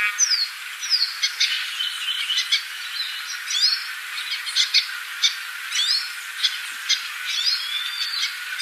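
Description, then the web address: Yellow-bellied siskin song: a long, run-on high twitter of quick chips, buzzy trills and sharp downslurred notes, jumbled together without pause throughout. Recorded in Ecuador, South America. "Birds of Ecuador. Yellow-bellied Siskin"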